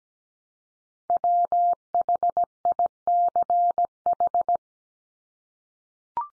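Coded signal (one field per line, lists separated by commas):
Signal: Morse code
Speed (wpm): 17 wpm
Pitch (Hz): 700 Hz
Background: none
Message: WHICH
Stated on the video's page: Morse practice drill of the 100 most common English words at 17 wpm, each sent three times, spoken, then sent again.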